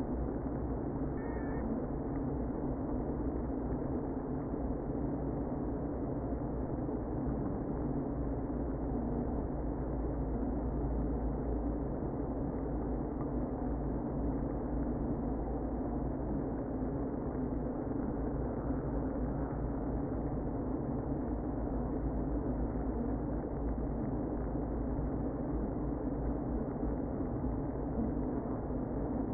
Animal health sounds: honeybee colony, microphone inside the hive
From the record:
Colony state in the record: queen present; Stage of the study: before two queens were removed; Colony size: about 60,000 bees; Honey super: yes

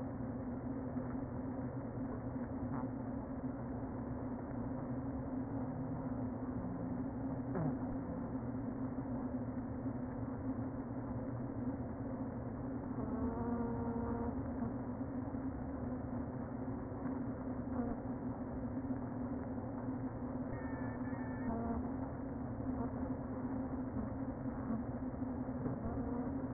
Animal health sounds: honeybee colony, microphone inside the hive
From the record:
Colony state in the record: queen present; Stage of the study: before two queens were removed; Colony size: about 60,000 bees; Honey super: yes

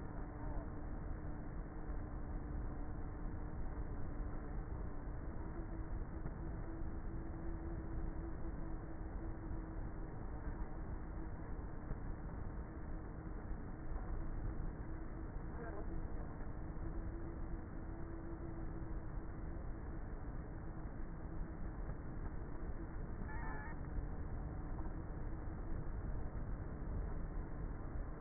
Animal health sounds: honeybee colony, microphone inside the hive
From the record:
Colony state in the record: queenless with a low population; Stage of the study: before two queens were removed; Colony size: about 30,000 bees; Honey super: no

